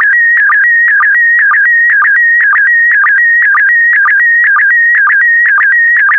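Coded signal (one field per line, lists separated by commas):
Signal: SSTV (slow-scan television)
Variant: PD120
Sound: warbling steady tone near 2 kHz with short low blips about twice a second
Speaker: the next image transmission will start in 10 seconds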